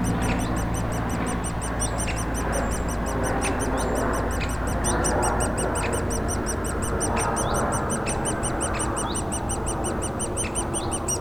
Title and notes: Bois Saint-Martin Noisy-le-Grand, France - Oisillons et gros "volatiles" bruyants. Au pied d'un tronc d'arbre mort, les oisillons d'un pic dans leur cavité piaillent continuellement alors que des avions survolent la zone